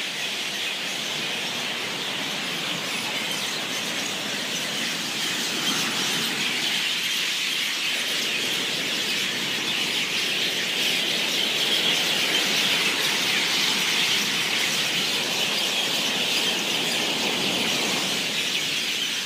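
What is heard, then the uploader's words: A dense wall of bird calls fills the air, a constant chattering and squealing from a large crowd of birds that never lets up. The sound is bright and shrill, steady in level throughout, with a faint low rumble underneath, likely surf or wind. Crazy birds at Paia Bay.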